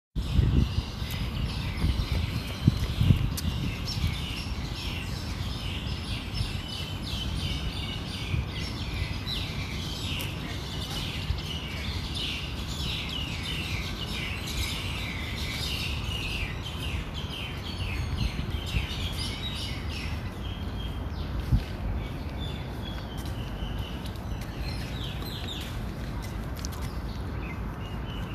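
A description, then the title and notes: Birds chirp and twitter continuously in a park, dense overlapping calls over a steady low rumble of wind or traffic. Bird in Park.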